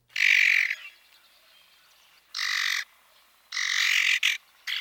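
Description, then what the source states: Common Grackle giving harsh, grating calls, several broad noisy bursts at irregular intervals with quiet gaps between them. Male; harsh, grating vocalizations made of chack notes and a series of metallic, non-musical squeaks.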